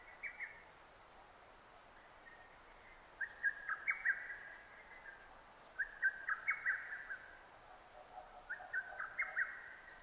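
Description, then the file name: Lesser cuckoo song: rapid choppy phrases of several clipped notes, given four times, the first only partly heard, with short pauses between, somewhat faint against low hiss. 6 June 2009. "hototogisu-20090606"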